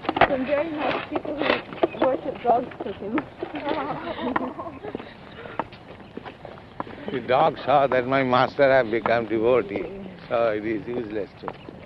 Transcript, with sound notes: Some very nice people who worship dogs took him. [laughs]
The dog saw that "My master has become devotee, so it is useless to